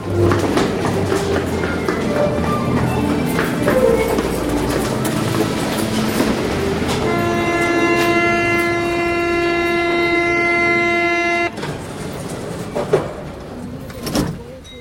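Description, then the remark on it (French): A metro train rumbles loudly along the rails, and a steady, layered electric whine joins midway before cutting off abruptly, leaving a quieter rolling rumble with a few sharp clunks. “Tout a commencé pour moi dans le métro, en panne entre deux stations”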